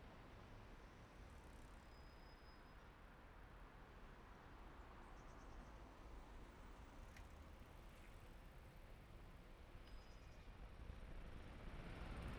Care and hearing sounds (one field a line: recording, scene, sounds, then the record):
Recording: everyday scene through a hearing-aid microphone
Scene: in traffic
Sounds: traffic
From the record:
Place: main city hub, rush hour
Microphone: behind the ear, right, rear